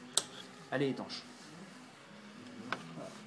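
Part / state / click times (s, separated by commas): cover onto the bicycle battery holder / seated / 0.2 s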